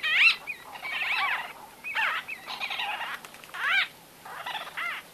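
White-fronted bee-eater calls: a sequence of nasal, rising-and-falling squeaky notes, some run together into short chattering phrases, others given singly.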